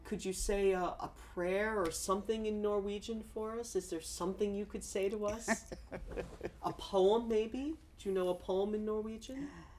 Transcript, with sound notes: Could you say a prayer or something in Norwegian for us? Is there something you could say to us? (laughs) A poem, maybe? Do you know a poem in Norwegian?